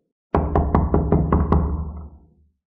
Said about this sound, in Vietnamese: Không lâu sau, cửa sân vang lên tiếng đập cửa.